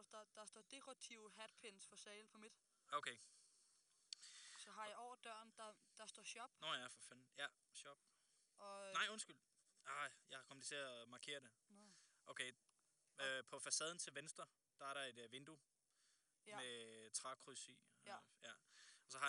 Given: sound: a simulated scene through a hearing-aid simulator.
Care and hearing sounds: conversation; quiet; 75 dB SPL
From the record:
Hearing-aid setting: standard clinical setting (NAL); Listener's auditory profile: D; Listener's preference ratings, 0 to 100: 71, 92, 90

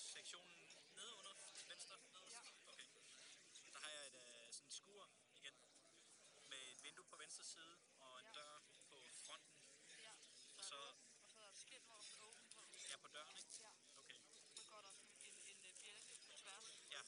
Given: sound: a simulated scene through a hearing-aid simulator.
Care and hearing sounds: conversation; cafeteria; 0 dB SNR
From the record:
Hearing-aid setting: III (slow-acting compression, loudness normalization, advanced features for about 2.5 dB of SNR improvement); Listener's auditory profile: A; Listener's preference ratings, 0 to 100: 60, 62, 45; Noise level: 65 dB SPL

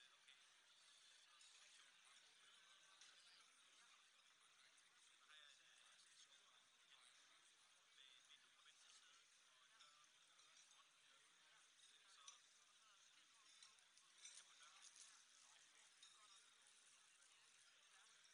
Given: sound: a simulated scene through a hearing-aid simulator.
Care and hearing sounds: conversation; cafeteria (anchor of the quiet scene); -6 dB SNR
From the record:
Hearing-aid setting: anchor resembling a broken hearing aid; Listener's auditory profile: C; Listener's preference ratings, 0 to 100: 0, 1, 0

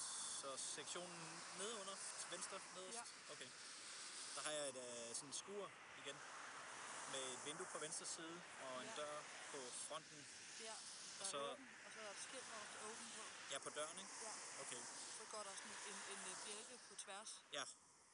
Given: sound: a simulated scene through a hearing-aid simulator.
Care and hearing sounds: conversation; traffic; +4 dB SNR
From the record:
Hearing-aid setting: III (slow-acting compression, loudness normalization, advanced features for about 2.5 dB of SNR improvement); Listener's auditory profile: C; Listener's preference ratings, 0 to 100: 75, 48, 14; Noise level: 75 dB SPL

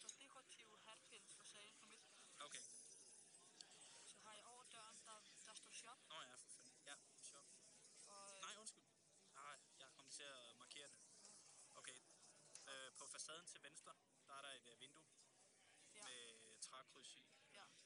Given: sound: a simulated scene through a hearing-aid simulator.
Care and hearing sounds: conversation; cafeteria; +4 dB SNR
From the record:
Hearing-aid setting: III (slow-acting compression, loudness normalization, advanced features for about 2.5 dB of SNR improvement); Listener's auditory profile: A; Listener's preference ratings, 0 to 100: 87, 68, 36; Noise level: 65 dB SPL

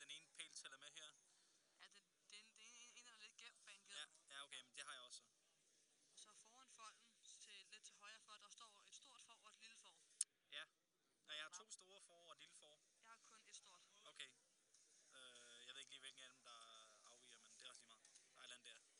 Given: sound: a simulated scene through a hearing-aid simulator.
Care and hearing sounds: conversation; quiet; 55 dB SPL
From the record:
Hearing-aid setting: IV (slow-acting compression, loudness normalization); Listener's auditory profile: B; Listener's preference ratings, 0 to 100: 75, 37, 69

